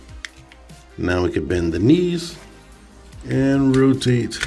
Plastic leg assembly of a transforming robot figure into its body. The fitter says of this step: and keep going. until it clicks.